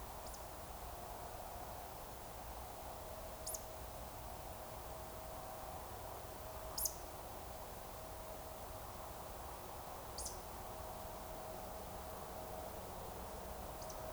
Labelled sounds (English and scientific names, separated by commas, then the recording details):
Eurasian Woodcock (Scolopax rusticola) whistle
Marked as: whistle, whistle, whistle, whistle, whistle
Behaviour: display flight
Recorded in Baden-Württemberg, Germany, on 15 June 2020 at 02:25 UTC
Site 43791, 788 m above sea level